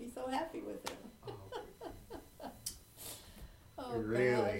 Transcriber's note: laughs